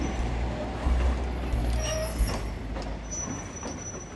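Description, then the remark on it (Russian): A train rolls into its final station with a steady low rumble, thin high-pitched squeals from the wheels drifting over it and a brief hiss, slowing without any voices. “«Последние ворота. Конечная. Поезд дальше не идет».”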